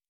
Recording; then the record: hydrophone in a shrimp aquaculture tank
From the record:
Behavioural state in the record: normal